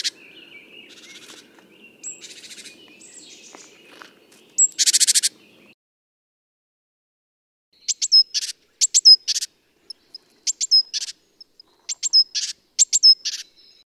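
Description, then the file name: Great tit calls: a harsh buzzy burst amid busy high chirping, a pause, then scattered sharp high notes with downward flicks in uneven short series. "Mesange charbonniere cris"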